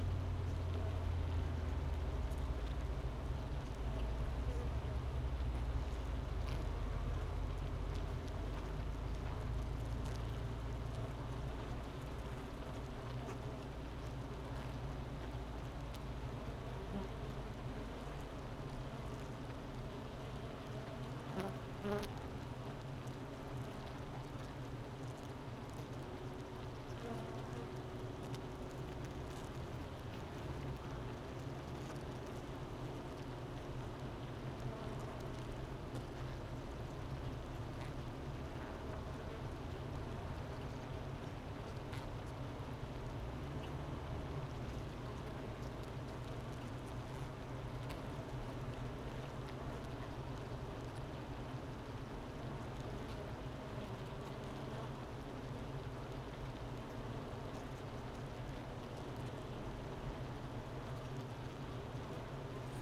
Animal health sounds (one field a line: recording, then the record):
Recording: honeybee colony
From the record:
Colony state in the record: missing queen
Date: 31 May 2018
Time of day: 11:00